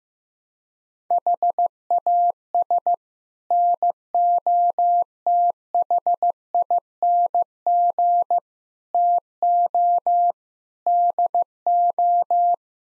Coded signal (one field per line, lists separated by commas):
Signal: Morse code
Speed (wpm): 15 wpm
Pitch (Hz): 700 Hz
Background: none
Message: HAS NOTHING TO DO